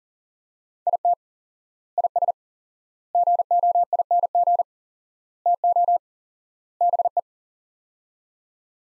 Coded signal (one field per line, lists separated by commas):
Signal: Morse code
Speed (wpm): 40 wpm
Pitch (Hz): 700 Hz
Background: none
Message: IT IS GOING TO BE